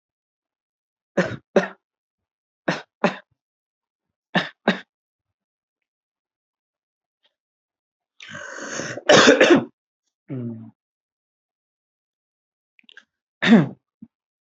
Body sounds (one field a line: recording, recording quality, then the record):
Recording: shallow voluntary cough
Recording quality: excellent, no background noise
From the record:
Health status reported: healthy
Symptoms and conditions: none ticked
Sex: male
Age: 34 years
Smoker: yes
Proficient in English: yes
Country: India